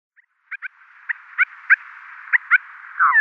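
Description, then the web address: Cream-colored courser giving short, sharp notes at irregular intervals, the first two paired, ending in a louder, harsher note, against a background hiss. "Schulze Peter Cream-colored Courser"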